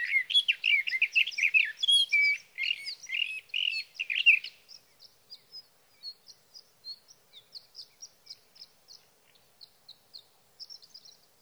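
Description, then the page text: Sage thrasher song: a rapid, jumbled run of warbled phrases for about four seconds, then fainter high chips and notes continuing at a quick pace. Male singing near his night roost through three nights, evening of June 12 to morning of June 15, 2018, Sierra Valley, California; recorded with a Swift recorder; night songs. "Birdsong for the Curious Naturalist: Explore #7. 61. Sage thrasher songs, through the night. For three nights, from the evening of June 12 to the morning of June 15, 2018, in Sierra Valley, California"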